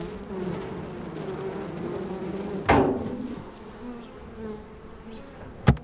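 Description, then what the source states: Honey bees buzzing steadily, with two sharp knocks breaking the hum midway and at the end. Hive bees recorded August–September 2009 for a report on bees disappearing in large numbers, probably because of pesticides.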